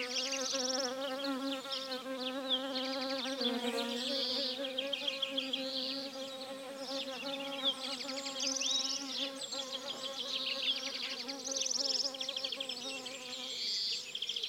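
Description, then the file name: Bees buzzing in a steady droning hum with rich overtones, slightly wavering in pitch. "Bienen"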